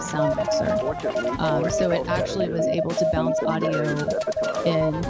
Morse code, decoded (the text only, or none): <KN>SCIENCE $